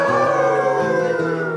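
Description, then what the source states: Dog giving a drawn-out, howl-like whine that holds a steady pitch and falls slightly toward the end. Two dogs in heat.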